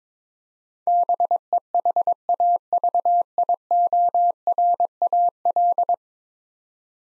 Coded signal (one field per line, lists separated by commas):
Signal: Morse code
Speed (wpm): 22 wpm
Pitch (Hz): 700 Hz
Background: none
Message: BEHAVIORAL